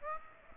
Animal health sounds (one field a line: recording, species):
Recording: mosquito wingbeat signal from an infrared sensor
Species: Aedes aegypti